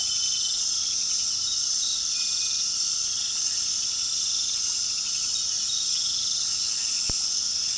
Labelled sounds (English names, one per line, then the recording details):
none
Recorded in pastures near Puerto Asís, Putumayo, Colombia, on 18 February 2024 at 21:30
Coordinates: 0.468, -76.328
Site G6414